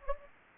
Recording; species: mosquito wingbeat signal from an infrared sensor; Anopheles gambiae